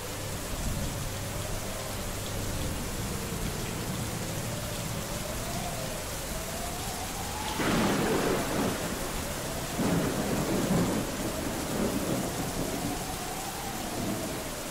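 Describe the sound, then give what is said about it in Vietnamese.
Heavy rain pours steadily throughout while thunder breaks in twice midway, a loud crack followed by a second rumbling burst a couple of seconds later, then the downpour carries on. “Mây đen vần vũ trên trời, mưa sắp đến rồi.”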